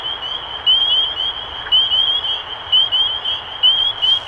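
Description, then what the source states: Spring peeper chorus of bright, upslurred peeps, several frogs calling in quick overlapping bursts about once a second. Recorded 23 March 2012.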